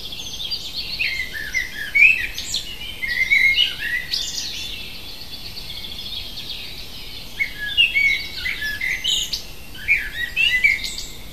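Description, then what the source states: Bird song with lively runs of high chirps and twitters in several bursts throughout, separated by brief pauses, over a faint background hiss. Native bird at a hedge in May.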